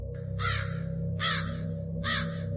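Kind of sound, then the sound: bird, crow cawing overhead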